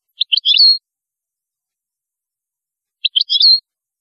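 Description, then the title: European goldfinch singing two brief tinkling phrases, each ending in a bright slurred whistle, about three seconds apart with quiet between. "Chant Chardonneret"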